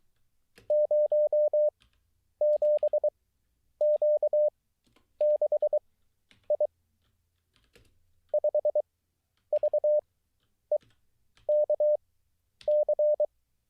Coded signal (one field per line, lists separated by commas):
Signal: Morse code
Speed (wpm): 23 wpm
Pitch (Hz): 600 Hz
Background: none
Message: 07Q6I 5VEKC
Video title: How To Learn Morse Code LIVE with N0SSC (Day 24)